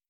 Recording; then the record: hydrophone in a shrimp aquaculture tank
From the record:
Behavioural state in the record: stressed